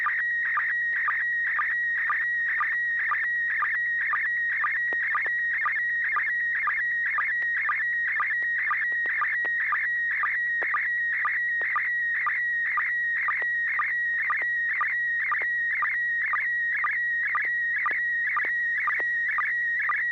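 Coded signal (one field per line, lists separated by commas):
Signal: SSTV (slow-scan television)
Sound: steady warbling high tone with rhythmic low chirps about twice a second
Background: low hum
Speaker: yeah looks like a rotator to me uh disassembled on Joel's bench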